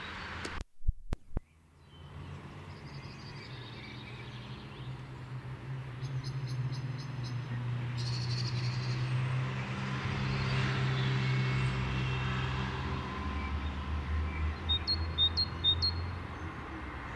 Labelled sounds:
Great Tit song

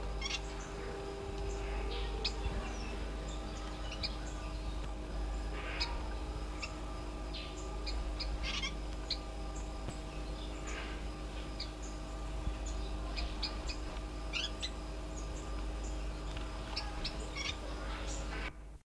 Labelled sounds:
Black-chinned Yuhina call

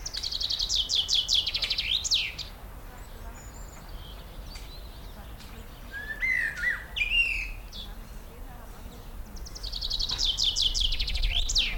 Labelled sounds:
Common Blackbird

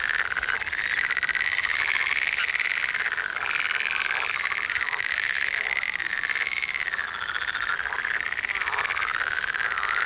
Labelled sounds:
Eurasian Coot alarm call

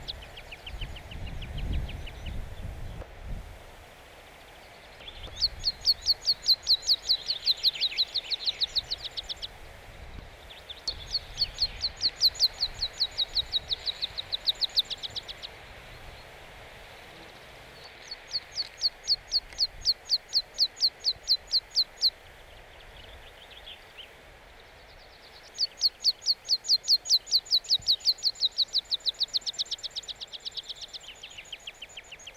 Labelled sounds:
Meadow Pipit song

